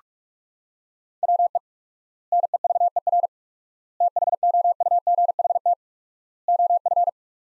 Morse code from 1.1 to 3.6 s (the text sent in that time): WE NEVER